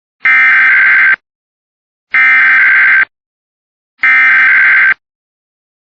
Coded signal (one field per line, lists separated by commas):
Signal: Emergency Alert System (SAME) tones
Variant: header bursts